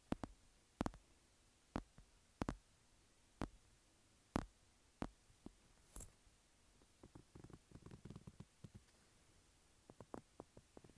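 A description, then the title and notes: Sharp taps on a textured phone case come about once a second, then give way to quicker, softer taps and scratching over a quiet background. Tapping and Scratching Textured Phone Case.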